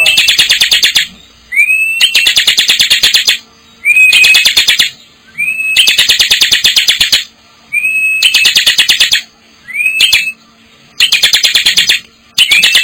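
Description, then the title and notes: Bar-winged prinia singing loud one-second bursts of fast, scratchy repeated notes, most pauses filled by a brief upslurred whistle, repeated about every two seconds. Vigorously singing (gacor) birds and young birds. "Kicau Ciblek. putri sherin. kumpulan suara burung ciblek gacor dan anakan"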